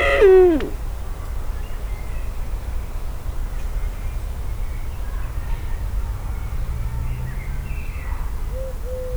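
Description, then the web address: Eurasian eagle-owl heard in a single hoarse, falling call right at the start, followed by quiet low-pitched background noise and a faint thin tone near the end. Captive bird recorded at a zoo in Szeged in 2011. "szegedizoo 2011 uhu avegenegyelszallolegy"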